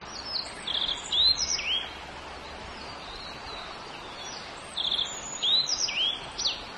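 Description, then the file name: Japanese yellow bunting giving bright, high chirping phrases in two short bursts, each a quick run of thin, slurred notes, over a soft steady background hiss. "nojiko"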